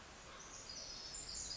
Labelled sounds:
Pacific Wren
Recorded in Sonoma County, California

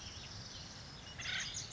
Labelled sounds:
Acorn Woodpecker
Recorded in Sonoma County, California

